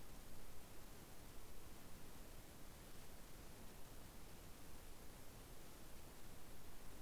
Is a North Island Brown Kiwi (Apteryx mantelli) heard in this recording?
no